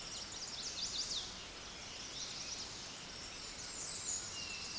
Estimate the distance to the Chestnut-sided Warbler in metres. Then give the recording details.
about 40 m. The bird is about 5 m above the microphone. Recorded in a Pennsylvania forest on 16 May 2024 at 06:16. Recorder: AudioMoth, point MSD-1368. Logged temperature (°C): 12.5 °C. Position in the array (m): 9 m, 14 m